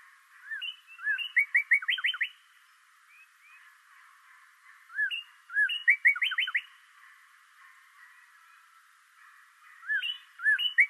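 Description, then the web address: A bird repeatedly singing short whistled notes that lead into a fast cascade of sliding notes, with phrases every few seconds and the last one cut off. Recorded 26 March 2012. "sounds birds 2012 03 26 bird 01"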